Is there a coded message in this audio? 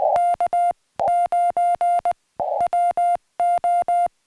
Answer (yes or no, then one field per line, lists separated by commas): yes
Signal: Morse code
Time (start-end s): 0.2-4.1 s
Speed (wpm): 19 wpm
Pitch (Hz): 700 Hz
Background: music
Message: K9WO